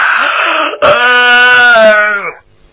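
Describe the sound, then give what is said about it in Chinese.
A male storyteller, telling a Chinese-language story, imitates a character pretending to yawn several times after shutting and bolting a door: a breathy intake followed by a long, drawn-out voiced sigh that slowly slides down in pitch and fades out. “徐良把门关上，在里头插好了，假装着打了几个哈欠。”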